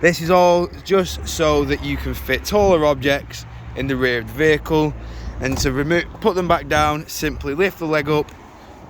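Someone talks throughout while handling the rear seat cushion of a Honda Jazz 1.5 h i-MMD EX eCVT, lifting the seat leg so the cushion can go back down and its legs can return into the floor latches, with a steady low hum underneath. Nothing has seated or clicked yet.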